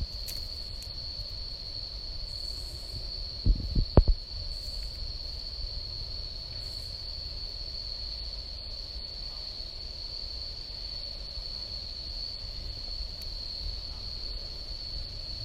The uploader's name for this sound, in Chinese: 美国康涅狄格州尹德兰国家公园自然保护区的下午